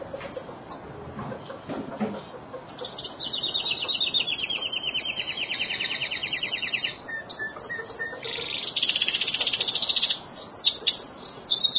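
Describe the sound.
Bird song: long high trilled phrases and some short notes over steady background noise.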